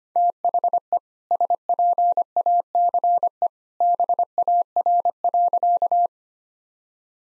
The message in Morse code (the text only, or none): THE SPACE BAR.